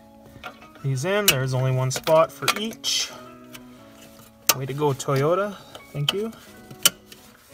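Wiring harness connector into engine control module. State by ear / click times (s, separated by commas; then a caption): seated / 6.9 s. Someone talks while plugging the wiring harness connectors into the engine control module of a 1989–95 Toyota pickup, worked on for check engine code 21, with only one spot for each connector. A sharp, loud snap at 6.9 s marks a connector plugging home and seating.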